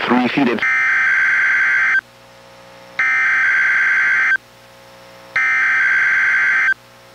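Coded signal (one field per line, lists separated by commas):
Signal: Emergency Alert System (SAME) tones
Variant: header bursts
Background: speech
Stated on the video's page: NOAA Weather Radio Required Weekly Test from the National Weather Service, relayed by a weather radio station, received on a Reecom R-1630 weather radio and recorded through a Zoom H1.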